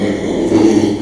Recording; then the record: squeal of a Yucatan mini pig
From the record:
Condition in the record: after surgery on the right vocal fold (resection and tissue-engineered implant); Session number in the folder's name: 2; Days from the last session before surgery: 13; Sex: male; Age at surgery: 12 weeks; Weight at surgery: 13 kg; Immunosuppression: cyclosporine, prednisolone